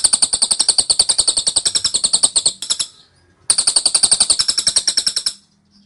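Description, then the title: Scaly-crowned honeyeater pouring out two long runs of rapid, metallic high chirps, separated by a silent gap of under a second. Rapid, dense, insistent 'tembakan' (rapid-fire) song from a bird in vigorous song, used as a master training recording for Oriental magpie-robin. "Tembakan Cililin Rapat Ngotot Durasi Panjang Suara Cililin Gacor Untuk Masteran Murai Batu"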